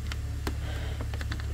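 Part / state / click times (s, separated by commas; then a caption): plastic retaining clip into a car panel or cover / not seated / none. During an engine oil change on a 2022 Mercedes C300 (W206), a plastic retaining clip on a car panel or cover that had not gone all the way in is handled and pushed toward home. Brief, sharp ticks and taps stand out over a steady low hum, the strongest near 0.5 s and 1.3 s. Nothing has seated or clicked yet.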